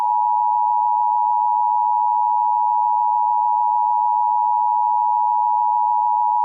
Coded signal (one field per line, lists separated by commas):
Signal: Emergency Alert System (SAME) tones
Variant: 853 and 960 Hz attention tone